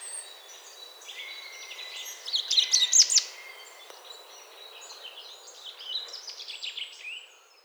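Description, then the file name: Common chaffinch song, one louder phrase of rapid notes in the middle, with fainter similar phrases around it and a soft background hiss. "Fringilla coelebs"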